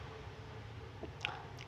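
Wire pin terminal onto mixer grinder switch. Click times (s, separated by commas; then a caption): 1.2 s. A wire's pin terminal, lightly crimped so it grips, is pressed onto a switch while a mixer grinder switch is being replaced. A sharp click at 1.3 s marks the terminal locking on without a loose contact, followed by a fainter tick at 1.6 s over a low steady hum.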